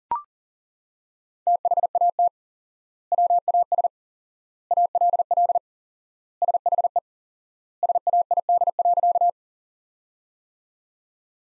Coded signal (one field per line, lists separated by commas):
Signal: Morse code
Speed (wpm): 40 wpm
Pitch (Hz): 700 Hz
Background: none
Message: THAT WAS ALL SHE SAID.